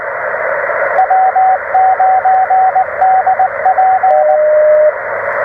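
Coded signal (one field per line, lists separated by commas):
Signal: Morse code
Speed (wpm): 19 wpm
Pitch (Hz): 750 Hz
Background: radio noise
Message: W9DP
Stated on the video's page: Park activation with a Penntek TR-45L transceiver, CW paddles, and a Radioddity HF-009 portable vertical antenna.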